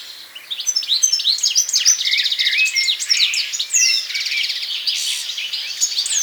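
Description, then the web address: European goldfinch song: a fast, tinkling run of high twittering notes, buzzy trills and liquid chirps, delivered continuously for about six seconds. "geluiden putter zang"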